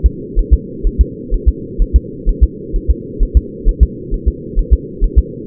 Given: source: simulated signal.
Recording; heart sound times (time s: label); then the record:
fetal heart sounds
0.06 s: S2
0.39 s: S1
0.53 s: S2
0.87 s: S1
1.01 s: S2
1.34 s: S1
1.49 s: S2
1.82 s: S1
1.96 s: S2
2.29 s: S1
2.43 s: S2
2.76 s: S1
2.91 s: S2
3.23 s: S1
3.37 s: S2
3.69 s: S1
3.83 s: S2
4.14 s: S1
4.28 s: S2
4.59 s: S1
4.73 s: S2
5.04 s: S1
5.19 s: S2
From the record:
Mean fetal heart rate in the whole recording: 130 bpm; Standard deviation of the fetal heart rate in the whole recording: 4 bpm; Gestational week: 38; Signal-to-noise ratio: -4.1 dB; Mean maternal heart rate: no maternal heart sound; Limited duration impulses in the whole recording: absent